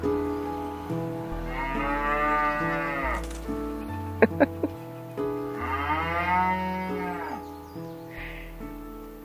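Cows mooing: two long drawn-out lowing calls, with a few sharp clicks between them.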